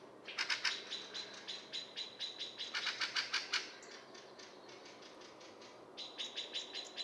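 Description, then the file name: Common blackbird giving rapid bursts of sharp, clicking chatter notes, clustered in quick runs with short pauses between them. "Turdus merula"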